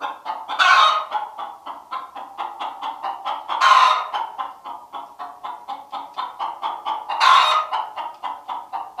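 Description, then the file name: Chicken giving rhythmic short clucks broken by three loud, drawn-out cackles spaced a few seconds apart. Hen. "Odgosy zwierzat- kura"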